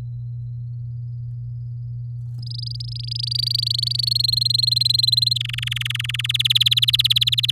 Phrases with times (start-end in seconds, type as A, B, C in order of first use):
2.42-4.13 A, 4.15-5.38 B, 5.40-6.27 C, 6.29-7.51 D